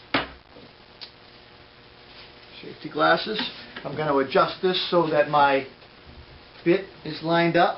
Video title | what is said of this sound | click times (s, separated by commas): Milescraft : Router Guide Kit. Model #1223 | once everything is in place we just turn it and it locks in place | 0.1 s